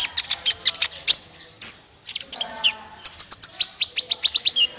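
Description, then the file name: Sunbird: bird twittering: fast high chirps, a brief buzzy note, then a steady rapid series of sharp ticking notes. "suara kolibri ninja"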